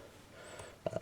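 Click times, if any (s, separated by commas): 0.9 s, 1.0 s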